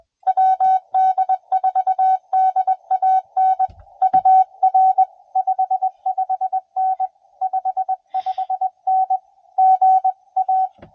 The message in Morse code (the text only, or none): WD4DAN UR 55N 55N GA